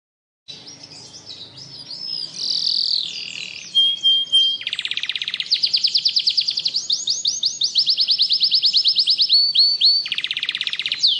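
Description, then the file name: Atlantic canary song opening softly with warbled notes, then loud rapid trills and rolling tours of repeated notes sung continuously, with brief falling whistles between phrases. Canary singing continuously without pause, a song style called ngebren. "Suara Kenari Ngebren"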